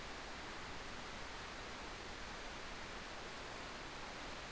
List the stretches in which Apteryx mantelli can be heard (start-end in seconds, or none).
none